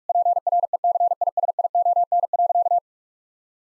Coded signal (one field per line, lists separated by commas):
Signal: Morse code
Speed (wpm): 46 wpm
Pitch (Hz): 700 Hz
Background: none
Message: PRECISION.